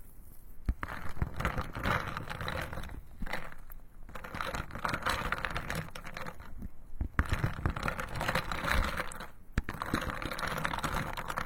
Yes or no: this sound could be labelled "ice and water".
yes